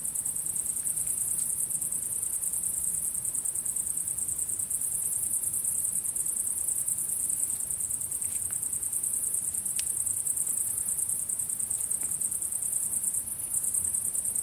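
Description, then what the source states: Cricket chorus, an unbroken high trilling shimmer throughout, with a few faint clicks scattered over the steady pulsing background. Recorded at sunset.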